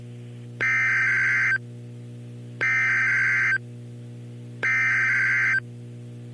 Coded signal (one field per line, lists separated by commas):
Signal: Emergency Alert System (SAME) tones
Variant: header bursts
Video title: NOAA Weather Radio EAS #1,124 & 1,125 Hurricane Warnings 7/3/14 12:39 PM